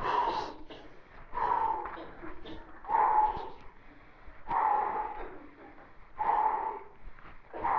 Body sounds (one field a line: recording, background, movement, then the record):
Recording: deep breathing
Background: a bystander coughing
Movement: walking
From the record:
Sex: male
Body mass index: 22.0 kg/m2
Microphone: on the chest, facing the body